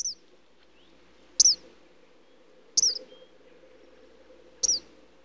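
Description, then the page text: Eastern kingbird calling with short, high notes repeated about every one and a half seconds over a faint low drone. "Eastern Kingbird Calls. Quick Sounds"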